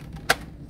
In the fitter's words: sure they clicks in now